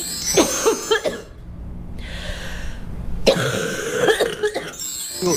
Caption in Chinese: 肺热之痰 首先它是黏的，粘稠的，另外一个呢它往往是黄色的，咳的时候不太好咳出来， 咳的黏相对要就是费力一些。 它气道里有那种黏黏的痰，所以它咳出来可能有点痰鸣的声音， 咳嗽声带有痰音的。 像肺热之痰，口干口苦， 流的是黄鼻涕，流黄鼻涕，嗓子疼的。 病期也是一个多月。